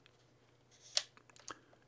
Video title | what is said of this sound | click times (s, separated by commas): Canon AE-1: This Dethrones Pentax in the Consumer Market - Camera Talk | until you heard that small snap and just simply lifted the lens away from the body | 1.0 s